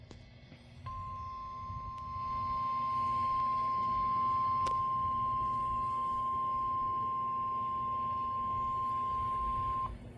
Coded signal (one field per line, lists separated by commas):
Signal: Emergency Alert System (SAME) tones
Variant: 1050 Hz attention tone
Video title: A severe weather night in central Ohio with EAS Alerts